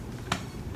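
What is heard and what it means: Plastic pegs on the legs of a Transformers Earthrise War for Cybertron Trilogy Scorponok action figure are pressed into holes on its body to hold the legs down, a soft fit rather than a hard snap. A short, bright click at 0.3 s marks the pegs seating home, followed by a faint tick near 0.8 s against low background noise.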